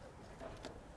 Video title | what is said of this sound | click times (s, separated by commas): Primul Test - Dubita / Remorca / Transalp | Kom igen, jag kanske ger dem mer, se ut så där, så är det. Ett klick. | 0.7 s